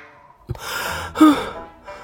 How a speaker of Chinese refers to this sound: 行了一段路，亳州府的衙门到了，车刚停下，展昭就从厚厚的被子下边钻了出来，还在喘气。